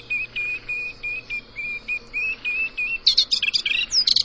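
Bird giving a steady whistled note repeated rapidly, then breaking into a flurry of higher, twittering chirps near the end.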